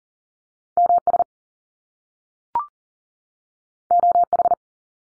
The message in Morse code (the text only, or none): M S O H